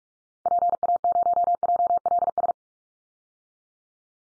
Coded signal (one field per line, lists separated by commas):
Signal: Morse code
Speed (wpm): 44 wpm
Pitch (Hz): 700 Hz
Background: none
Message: PA0JLS